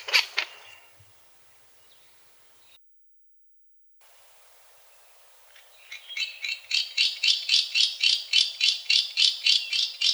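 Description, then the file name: Great snipe display call: a brief burst at the start, then a quiet gap, then a fast run of dry, clicking pulses repeated about four times a second. "Dupel lesnoj"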